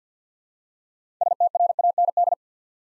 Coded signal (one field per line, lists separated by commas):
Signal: Morse code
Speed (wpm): 54 wpm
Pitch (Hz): 700 Hz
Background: none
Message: STRAND